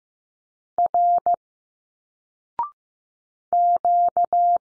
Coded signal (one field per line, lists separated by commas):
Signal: Morse code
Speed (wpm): 15 wpm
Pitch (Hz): 700 Hz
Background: none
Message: R Q